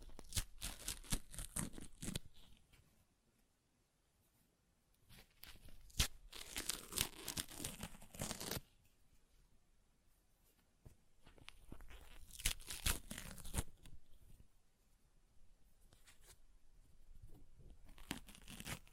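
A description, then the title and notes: Paper rips in several bursts, one near the start, a long tear around six to eight seconds, another near thirteen, with crinkling between. ASMR Paper Ripping Tearing Sounds (No Talking).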